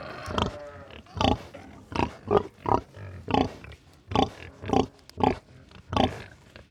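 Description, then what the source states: Pig grunts, a steady series of short, harsh bursts. A calm crowd of pigs grunting.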